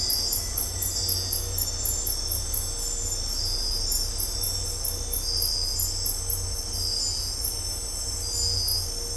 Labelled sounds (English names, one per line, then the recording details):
none
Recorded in dense forest near Puerto Asís, Putumayo, Colombia, on 16 December 2024 at 01:00
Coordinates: 0.503, -76.323
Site G043